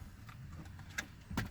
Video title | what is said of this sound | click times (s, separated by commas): 4" to 8" Factory SYNC 2 Upgrade - 2015 Ford Focus | push that in until it clicks in so | 1.0 s